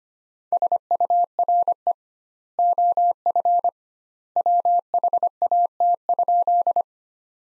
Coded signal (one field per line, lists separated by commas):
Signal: Morse code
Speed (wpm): 25 wpm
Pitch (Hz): 700 Hz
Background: none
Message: SURE OF WHAT?